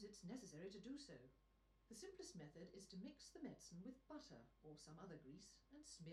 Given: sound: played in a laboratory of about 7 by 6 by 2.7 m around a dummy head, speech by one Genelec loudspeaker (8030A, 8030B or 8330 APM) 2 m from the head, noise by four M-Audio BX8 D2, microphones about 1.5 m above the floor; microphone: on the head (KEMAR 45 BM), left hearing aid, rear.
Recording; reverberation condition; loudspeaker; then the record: female speech in English; low; 120 degrees to the right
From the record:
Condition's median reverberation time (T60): about 310 ms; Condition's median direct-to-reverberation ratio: about 3.5 dB